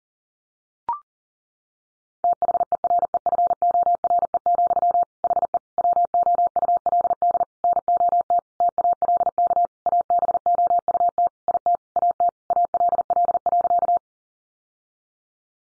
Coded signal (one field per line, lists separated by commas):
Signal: Morse code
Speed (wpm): 40 wpm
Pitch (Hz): 700 Hz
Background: none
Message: THEREFORE, HE WOULD NOT TALK ABOUT IT AT ALL.